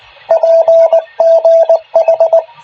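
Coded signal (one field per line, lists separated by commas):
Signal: Morse code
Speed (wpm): 19 wpm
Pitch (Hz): 660 Hz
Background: radio noise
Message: PGH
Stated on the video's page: Weekly club net.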